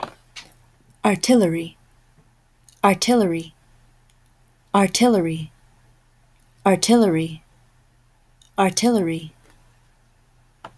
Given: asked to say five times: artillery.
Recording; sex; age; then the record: repeated word; female; 20 to 29 years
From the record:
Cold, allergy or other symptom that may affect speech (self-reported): no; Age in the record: 22 years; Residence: Texas, United States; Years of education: 16